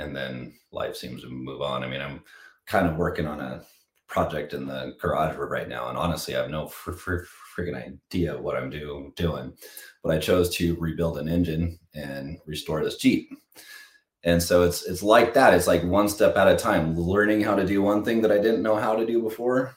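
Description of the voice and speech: An adult man speaks in low-pitched, mostly fluent conversational speech, with occasional sound repetitions and a brief drawn-out sound, as on "fr-fr-freaking" and "d-doing." These mild disfluencies fit a mild stutter, much reduced compared to when he was in high school.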